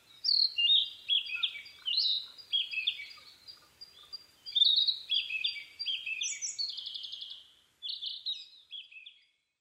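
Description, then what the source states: Narcissus flycatcher song of rapid, varied whistled notes, some rising and others dropping, including a fast buzzy trill near the end, delivered in quick successive phrases. Recorded 15 May 2011 at 04:10.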